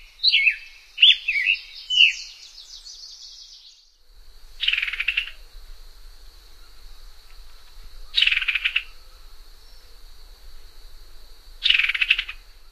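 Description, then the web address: Summer tanager song: several short, slurred, burry phrases in quick succession, then three harsh noisy bursts roughly every three and a half seconds over a steady high hum. "Songs of Birds of North America Stokes. Summer Tanager"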